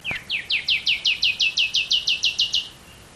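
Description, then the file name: Common nightingale song: a brief opening whistle, then a rapid run of about fourteen identical downslurred notes, evenly spaced, fading into a faint trailing tone. "Luscinia megarhynchos"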